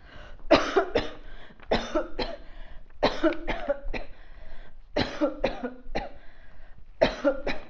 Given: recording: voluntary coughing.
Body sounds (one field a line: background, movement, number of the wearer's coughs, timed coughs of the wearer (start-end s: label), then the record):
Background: quiet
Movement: walking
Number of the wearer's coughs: 12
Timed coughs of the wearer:
0.48-0.84 s: cough
0.93-1.20 s: cough
1.69-2.07 s: cough
2.19-2.38 s: cough
3.01-3.34 s: cough
3.48-3.81 s: cough
3.81-4.13 s: cough
4.94-5.33 s: cough
5.41-5.79 s: cough
5.93-6.16 s: cough
6.99-7.39 s: cough
7.46-7.62 s: cough
From the record:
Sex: female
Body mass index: 22.6 kg/m2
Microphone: on the chest, facing outward